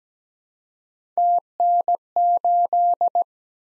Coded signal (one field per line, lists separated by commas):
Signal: Morse code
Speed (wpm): 17 wpm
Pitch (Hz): 700 Hz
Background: none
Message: TN8